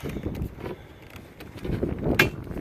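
A lid removal tool is worked around the rim of a bucket, prying at the plastic lid over a low, rumbling background with a few faint ticks. At 2.2 s a sharp, bright pop sounds as the next section of the plastic lid pops loose from the rim.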